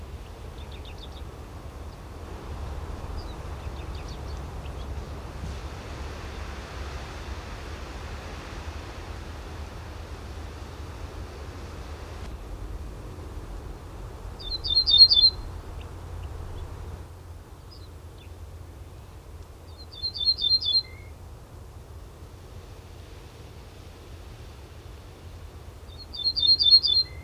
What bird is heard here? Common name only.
Ortolan Bunting